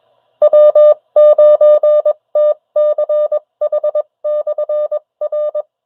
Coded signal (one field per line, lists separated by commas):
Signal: Morse code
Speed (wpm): 21 wpm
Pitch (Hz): 600 Hz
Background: none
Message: W9TCH/R